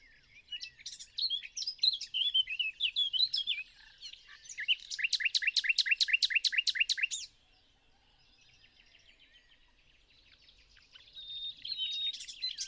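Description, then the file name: Common nightingale song: varied chirping phrases, then a loud, fast series of repeated sharp notes, a pause, and fresh phrases starting near the end. "Luscinia megarhynchos"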